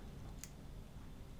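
The black lock lever on a Zhiyun Crane-M2 S gimbal's quick release clamp is flipped open so the camera plate can be removed. A single sharp, short click sounds at 0.4 s over a steady low background hum. The lock is released open.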